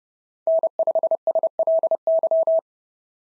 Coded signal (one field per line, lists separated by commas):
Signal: Morse code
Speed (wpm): 27 wpm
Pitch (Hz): 650 Hz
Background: none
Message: N5SLY